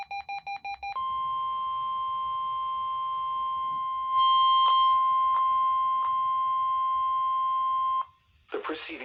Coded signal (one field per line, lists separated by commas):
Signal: Emergency Alert System (SAME) tones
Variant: 1050 Hz attention tone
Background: speech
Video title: EAS#60 REQUIRED WEEKLY TEST NOAA WEATHER RADIO